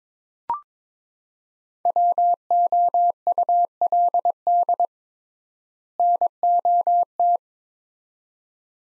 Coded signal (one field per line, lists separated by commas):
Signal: Morse code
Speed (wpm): 22 wpm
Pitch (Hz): 700 Hz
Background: none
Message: WOULD NOT